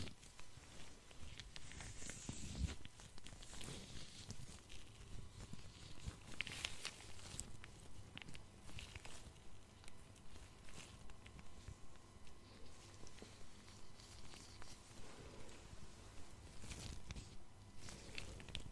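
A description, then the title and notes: Dry rustling and crinkling of gloved fingers touching a face, with small tapping and scratching sounds from tweezers. The handling is continuous and busy, with soft bursts of rubbing every second or so and a few sharper brushes around the middle. ASMR Personal Attention Face Touching with Gloves Tweezers.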